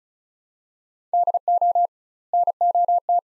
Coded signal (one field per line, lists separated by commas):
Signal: Morse code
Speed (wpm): 34 wpm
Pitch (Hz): 700 Hz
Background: none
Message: DO NOT